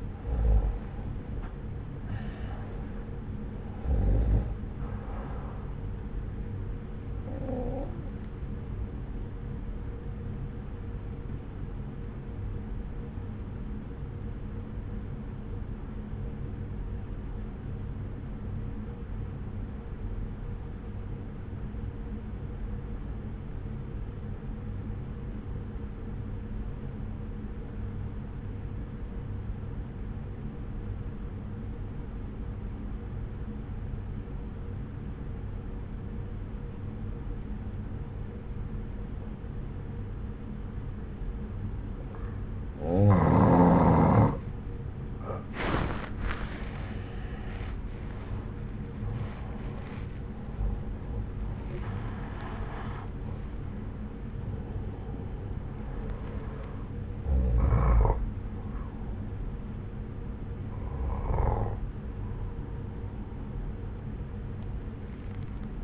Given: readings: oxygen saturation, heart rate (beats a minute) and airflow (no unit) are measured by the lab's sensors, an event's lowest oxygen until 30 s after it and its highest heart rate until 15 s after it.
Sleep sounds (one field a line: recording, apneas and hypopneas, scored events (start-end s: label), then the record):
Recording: breathing in sleep by a smartphone at the bedside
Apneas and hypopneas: 1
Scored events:
3.00-65.84 s: new sleep stage, N1 (lightest sleep)
16.00-44.90 s: obstructive apnea (N1, oxygen 95% highest, then 84% lowest)
From the record:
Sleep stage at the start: N2 (light sleep)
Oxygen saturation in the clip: 85 to 95%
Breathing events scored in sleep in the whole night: 303 in 8.1 hours asleep